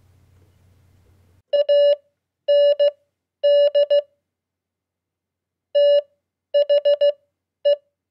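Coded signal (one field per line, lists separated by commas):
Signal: Morse code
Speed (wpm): 16 wpm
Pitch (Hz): 580 Hz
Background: none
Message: AND THE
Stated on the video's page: Morse code practice at 15 wpm: 100 common QSO words, Q-codes and abbreviations for beginners.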